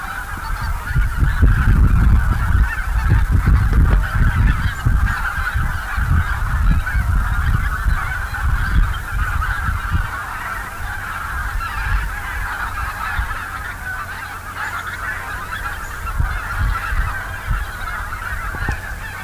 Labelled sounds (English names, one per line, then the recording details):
Taiga Bean Goose call
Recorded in the wild
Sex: group
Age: adult
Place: Gülper See, Brandenburg, DE
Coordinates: 52.7167, 12.25
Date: 2000-10-22 15:52
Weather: fair, ca. 15°C
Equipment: Nagra SN, Kopie Uher 4000 Report Monitor
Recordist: Tembrock, Günter
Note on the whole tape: Überfliegende Saatgänse und diverse andere Gänse vom Wasser her